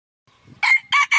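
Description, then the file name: Red junglefowl crow, starting with strong harsh syllables that are cut off before the call finishes. Rooster crowing. "tieng ga rung ga trong chuan"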